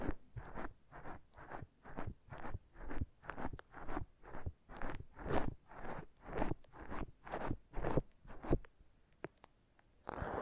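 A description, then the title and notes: Foam massage: a steady run of rhythmic rubbing strokes, about two per second, each a short rasping swish that rises and fades. The strokes are fairly bright with a soft low thump underneath, then thin out near the end, where a few sharp clicks sound. ASMR Brain Melting Foam Massage for Sleep (No Talking).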